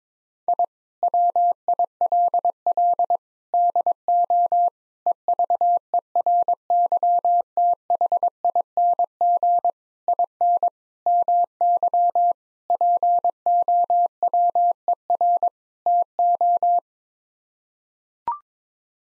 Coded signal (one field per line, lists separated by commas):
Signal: Morse code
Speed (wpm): 22 wpm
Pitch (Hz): 700 Hz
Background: none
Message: I WILL DO EVERYTHING IN MY POWER TO